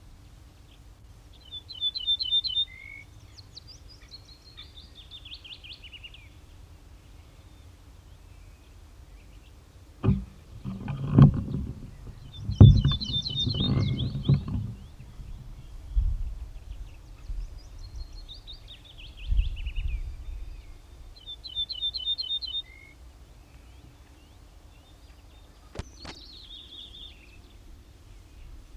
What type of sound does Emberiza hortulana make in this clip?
song